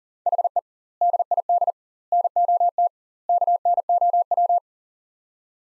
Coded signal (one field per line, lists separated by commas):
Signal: Morse code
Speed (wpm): 40 wpm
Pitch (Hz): 700 Hz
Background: none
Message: HE DID NOT KNOW